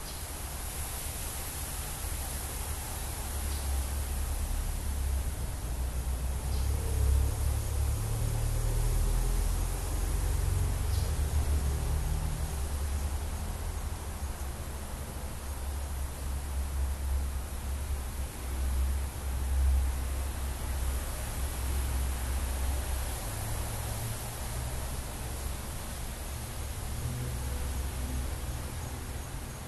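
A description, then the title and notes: Cars rumble low and steady beneath a dense wash of wind, with a faint bright cicada hiss near the top throughout. Cars, wind & cicadas by Juraj Kojš.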